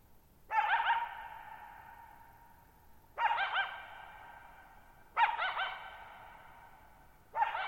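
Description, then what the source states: Coyote giving four harsh barks every two to three seconds, each with a slowly decaying echo. Lone wild coyote at night, July 14, 2019, Thirtymile Meadows, Okanogan National Forest, Pacific Northwest, 1950 m; open shallow-bowl meadow with boggy ground, very quiet, long reverberation.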